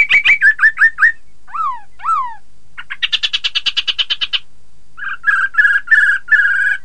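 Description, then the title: Laughingthrush song: quick repeated notes, two falling whistles, a buzzy rattling series, then harsher repeated notes. "Suara Kicau Burung Poksay"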